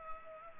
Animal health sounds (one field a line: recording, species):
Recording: mosquito wingbeat signal from an infrared sensor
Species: Culex pipiens